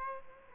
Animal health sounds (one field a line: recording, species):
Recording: mosquito wingbeat signal from an infrared sensor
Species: Aedes aegypti